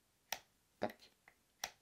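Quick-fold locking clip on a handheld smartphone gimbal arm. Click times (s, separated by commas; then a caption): 0.3 s, 1.6 s. The Freevision Vilta SE handheld smartphone gimbal is folded and the small quick-fold locking clip on its arm is snapped shut, locking two of its axes so the gimbal doesn't flop around when carried without the smartphone. Two sharp clicks land at 0.3 s and 1.6 s, with a duller knock near 0.8 s and a faint tick near 1.3 s between them. The clip seats and locks.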